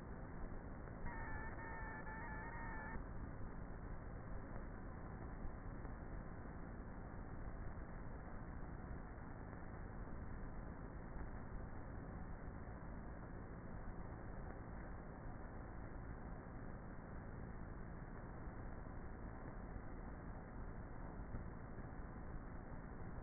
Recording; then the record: honeybee colony, microphone inside the hive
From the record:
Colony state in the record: queenless with a low population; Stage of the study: before two queens were removed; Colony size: about 30,000 bees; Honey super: no